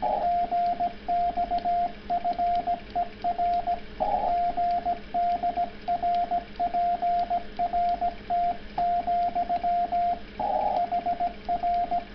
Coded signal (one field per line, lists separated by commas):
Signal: Morse code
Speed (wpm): 17 wpm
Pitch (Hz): 690 Hz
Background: radio noise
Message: GXFER GD RPRT, HR